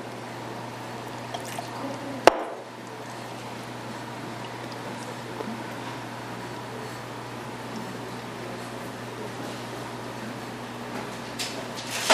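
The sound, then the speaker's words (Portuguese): Water is poured onto a white solid, sodium carbonate, and mixed, pouring and swirling with a steady, soft hiss, joined by a single sharp click early on and a faint low hum underneath, with no voices. “Eu vou pegar aqui de novo um sólido branco, água. Esse sólido aqui é carbonato de sódio. Eu vou misturar água aqui.”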